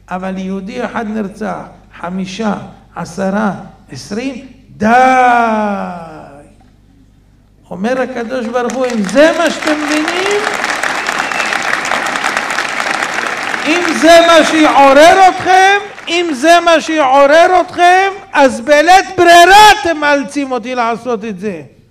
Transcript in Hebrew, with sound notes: אבל יהודי אחד נרצח, חמשה עשרה עשרים – די!! אומר הקדוש ברוך הוא: [הקהל מוחא כפים] אם זה מה שאתם מבינים, אם זה מה שיעורר אותכם, אם זה מה שיעורר אותכם - אז בלית ברירה אתם מאלצים אותי לעשות את זה!